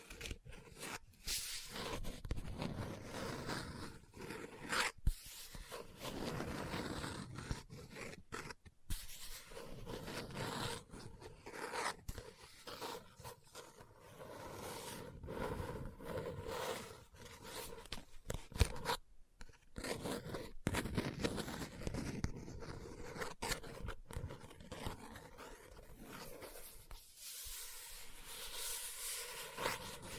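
A book being handled: fingertips tap and scratch across its cover and pages, with dry rustling page turns between. The sounds come in dense, uneven bursts with frequent sharp clicks, and there are brief silences near 8 and 19 seconds.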